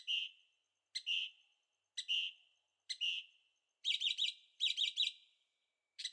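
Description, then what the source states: Bird song, four clear chirps about a second apart, then two rapid warbling trills and the start of another note. Birds singing at night in Carefree, Arizona; recorded with a Zoom H6 and stereo microphones.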